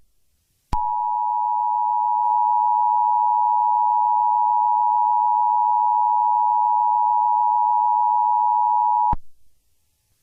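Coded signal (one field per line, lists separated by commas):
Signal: Emergency Alert System (SAME) tones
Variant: 853 and 960 Hz attention tone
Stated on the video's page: Fictional mock EAS scenario about an ancient reborn animal destroying the U.S. and Canada.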